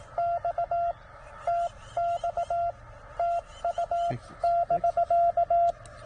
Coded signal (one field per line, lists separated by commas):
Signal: Morse code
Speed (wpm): 19 wpm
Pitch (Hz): 690 Hz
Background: radio noise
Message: X TX TU <BK>